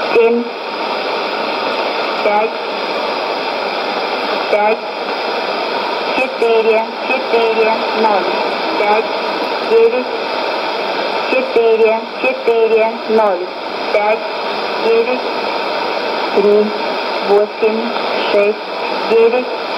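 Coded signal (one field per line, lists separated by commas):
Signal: numbers station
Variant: S06s, Russian female voice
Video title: 28 10 2019 S06s Russian Lady numbers station in Russian to Eu 1215 on 11460 unknown tx site USB+AM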